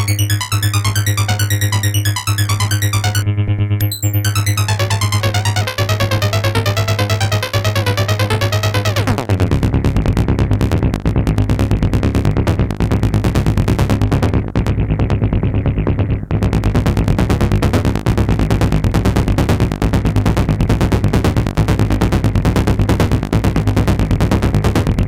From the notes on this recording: a mix of environmental sounds and these hard blips